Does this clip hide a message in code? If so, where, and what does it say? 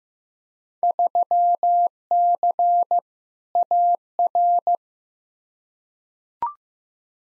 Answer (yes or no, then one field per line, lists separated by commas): yes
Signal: Morse code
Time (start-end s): 0.8-4.8 s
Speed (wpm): 16 wpm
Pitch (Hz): 700 Hz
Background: none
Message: 3C AR